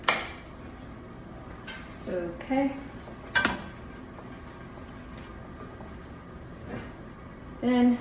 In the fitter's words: if you were to remove this at the end of the case you push it in and it'll pop back out